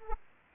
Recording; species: mosquito wingbeat signal from an infrared sensor; Aedes aegypti